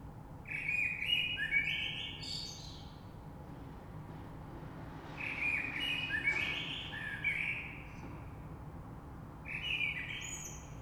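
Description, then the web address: Common blackbird song in three warbled phrases, each rich and fluty with a squeaky high ending, separated by short pauses over low background noise. Recorded 3 March 2020. "oiseaux Rush Merle 3-3-2020"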